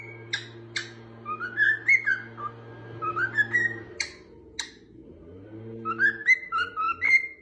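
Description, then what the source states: Cockatiel whistles, some rising in pitch, mixed with a few sharp clicks, over a low droning hum that breaks off midway. Cockatiels singing and whistling.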